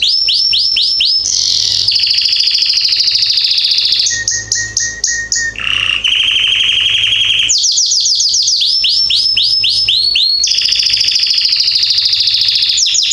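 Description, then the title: Belgian canary song: rapid series of rising chirps, buzzy rolls and a steady whistled tour, switching tours every couple of seconds, over a faint low hum. Male Belgian canary named Salsa singing very strongly and a lot; used to warm up young birds. "Esquente Seu Filhote E Canario Belga Em 30 Minutos Macho Cantando Muito. Canrio Belga Salsa cantando muito forte"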